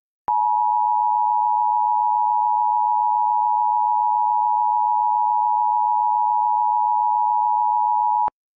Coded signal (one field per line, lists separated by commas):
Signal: Emergency Alert System (SAME) tones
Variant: 853 and 960 Hz attention tone